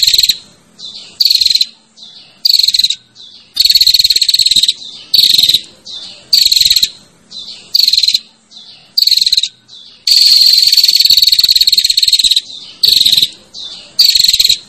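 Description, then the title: Prinia repeating shrill buzzy bursts roughly every second, with a long continuous buzz of about two seconds near the end. Female calling to the male, in the buzzy 'ngecirrr' style. "Suara Prenjak Betina Ngecirrr Memanggil Prenjak Jantan"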